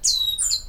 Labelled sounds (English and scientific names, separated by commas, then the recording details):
Stitchbird (Notiomystis cincta) song
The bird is a male
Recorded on Tiritiri Matangi Island, New Zealand, in 2005
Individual 14, of nest box 20